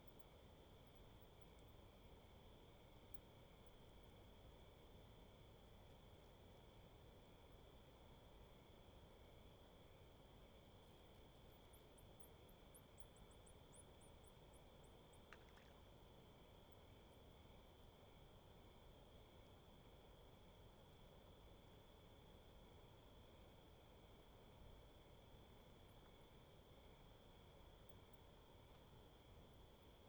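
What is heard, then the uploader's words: Bats fly over still water at dusk, with a steady low rushing hiss filling the whole clip. A constant high insect-like whine runs throughout, and around the middle a brief burst of fast, high clicks and chirps rises above it, then fades. Little Pend Oreille National Wildlife Refuge, Bayley's Lake at dusk with bats. Voices mostly inaudible to humans, thousands of bats fly around the still water at night. Thousands of bats fly around the still water at night. Their wings are the only disturbance in the air.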